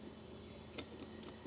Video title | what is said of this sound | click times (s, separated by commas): etrailer - Installation Guide for the Titan Chain V Bar Links Snow Tire Chains - 2023 Toyota Tacoma | all you have to do is just turn it locks into place | 0.8 s